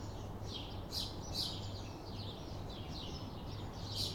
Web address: Systematic-Sound - General Ambience Series – Towns Villages 01 AMB TOWN Street Calm Afternoon Sparrows Traffic